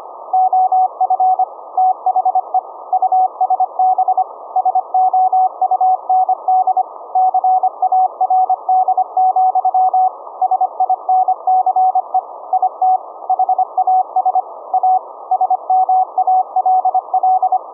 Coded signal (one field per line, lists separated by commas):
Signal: Morse code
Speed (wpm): 25 wpm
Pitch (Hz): 750 Hz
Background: none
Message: OF THE USB SOUND CARD, SINCE IT HAS A SMALL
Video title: Raspberry Pi - Remote VLF CW QRP 1 Watt Transmitter(17.650 Khz) - Compact Delta Loop Antenna